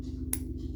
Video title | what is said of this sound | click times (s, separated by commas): Thrift Haul in Cincinnati | You push it. Did you hear it click? And then the back pops out. | 0.3 s